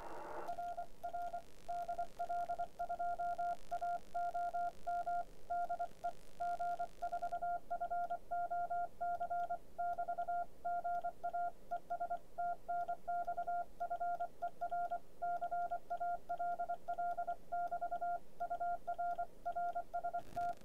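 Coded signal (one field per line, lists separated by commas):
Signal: Morse code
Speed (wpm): 24 wpm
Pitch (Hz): 700 Hz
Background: radio noise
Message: R R DL2AOM DE G4FOC <BT> GA ES TNX FER CALL <BT> UR RST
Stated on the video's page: Morse sent on a gold Begali Signature key.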